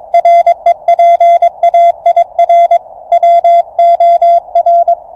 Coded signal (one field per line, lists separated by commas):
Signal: Morse code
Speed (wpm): 22 wpm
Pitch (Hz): 690 Hz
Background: none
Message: REPAIR WOR